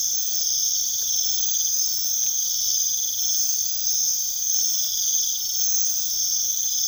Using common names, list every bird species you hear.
none